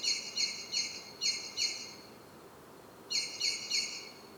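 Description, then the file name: Common blackbird calls: sharp, metallic chinking notes in quick series, five in a row, a pause, then three more, over a soft background hiss. "Turdus merula"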